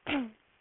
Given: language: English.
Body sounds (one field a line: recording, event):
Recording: throat vibration sensor signal played as sound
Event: throat clearing